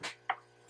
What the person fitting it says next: You'll hear it click.